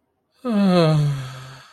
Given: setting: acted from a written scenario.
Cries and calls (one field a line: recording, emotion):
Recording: vocal sound without words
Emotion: romantic love